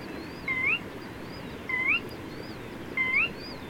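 Bird giving three clear upward-sweeping whistles, evenly spaced, with thin wavering higher notes behind.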